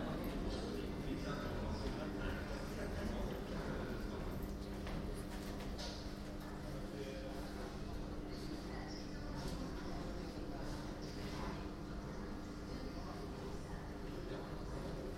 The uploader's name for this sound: Metro Lille